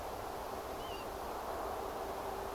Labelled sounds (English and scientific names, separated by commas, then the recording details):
Northern Lapwing (Vanellus vanellus)
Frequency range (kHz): Northern Lapwing (Vanellus vanellus) 2.5-3.4 kHz
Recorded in France